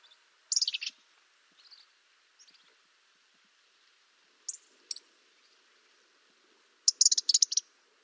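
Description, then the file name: European robin calls: a burst of high ticks, softer thin notes, then single sharp calls and a final rapid cluster of ticking notes. "Erithacus rubecula"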